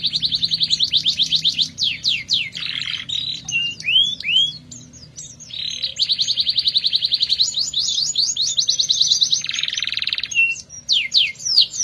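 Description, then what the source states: Canary giving continuous song of rapid rattling trills alternating with lower buzzy rolls and a few looping whistled notes, hardly pausing throughout. Therapy recording for a canary that has stopped singing; F1 canary.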